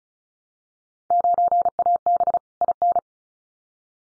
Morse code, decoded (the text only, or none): 9AB IN